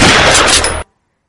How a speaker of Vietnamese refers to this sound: Tiếng nổ của khẩu cồn át hẳn tiếng súng cỡ nhỏ của Cornelia.